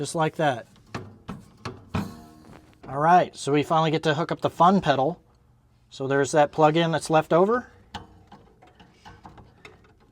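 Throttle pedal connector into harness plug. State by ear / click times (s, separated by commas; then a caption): seated / 7.9 s. On an electric Ford Model A plug-and-play EV conversion, the throttle pedal connector is pushed into the leftover harness plug while someone talks. It snaps in with a sharp click at 8.0 s, followed by a few lighter handling taps. The connector is confirmed seated.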